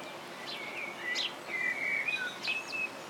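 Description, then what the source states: Common Blackbird song, clear whistled phrases with rising and falling squeaky notes over a steady hiss of rain. Singing in the background during rain at Paxton Pits Nature Reserve in May; blackbirds like to sing when it's raining, and many think theirs is the best song.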